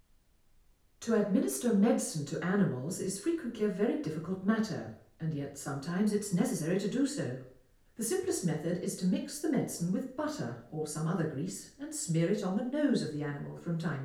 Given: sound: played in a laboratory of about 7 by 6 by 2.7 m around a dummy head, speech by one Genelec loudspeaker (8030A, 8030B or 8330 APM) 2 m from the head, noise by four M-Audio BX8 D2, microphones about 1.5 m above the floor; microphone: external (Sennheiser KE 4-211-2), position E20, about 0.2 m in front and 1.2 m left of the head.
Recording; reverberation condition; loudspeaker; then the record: female speech in English; medium; 120 degrees to the right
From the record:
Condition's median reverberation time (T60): about 510 ms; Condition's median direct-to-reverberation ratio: about -0.5 dB